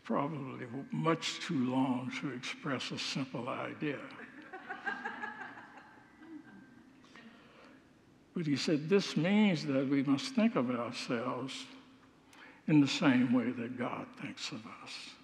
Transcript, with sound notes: probably much too long to express a simple idea. [Congregants laugh] But he said, this means that we must think of ourselves in the same way that God thinks of us